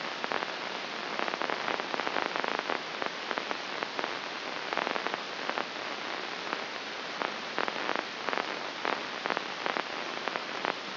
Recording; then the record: brain microelectrode recording played as sound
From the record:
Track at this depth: outside the subthalamic nucleus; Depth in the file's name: 4.223 mm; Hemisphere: left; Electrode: 2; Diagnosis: Parkinson's disease